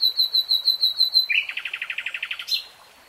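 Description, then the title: Nightingale song: a long run of high, pure repeated whistles, then a rapid rattling series of lower notes ending in a sharp flourish. Three-hour real-time recording of a nightingale singing. "[Tiếng chim hót] 3 Hours REALTIME Nightingale Singing"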